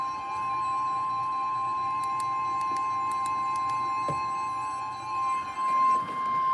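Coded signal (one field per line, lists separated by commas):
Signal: Emergency Alert System (SAME) tones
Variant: 1050 Hz attention tone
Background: music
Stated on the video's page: Real EAS alerts, including tornado warnings, PDS tornado warnings and a flash flood emergency, compiled from one day.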